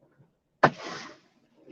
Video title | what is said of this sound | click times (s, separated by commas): MGTOW World Tour 11-03-22 | there we go now I heard that nice satisfying click | 0.6 s